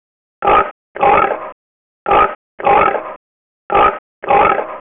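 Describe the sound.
Pig grunting in paired oinks, a short one then a longer one, the pair repeated three times at steady intervals with silence between.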